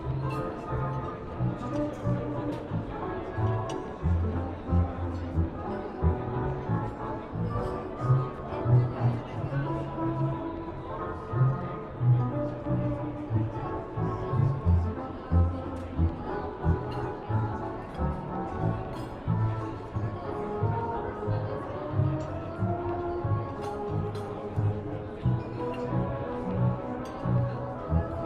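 Oldie music plays in a coffee shop, a steady bed of low bass notes and warm mid tones that carries through the full half minute. Light talking mixes in throughout, voices murmuring under and around the music without any sharp interruptions.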